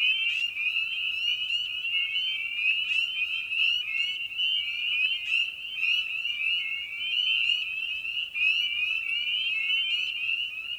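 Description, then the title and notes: Spring peepers calling in a dense chorus, countless short high rising peeps overlapping into a continuous shrill ringing band, with a few louder individual peeps standing out. Evening at a frog pond; tiny amphibian known for its distinctive song. "Episode 5: Night of the Peepers. we return to the frog pond for a meditative evening. Species in Focus: Spring Peeper (Pseudacris crucifer). Ian Carlsen"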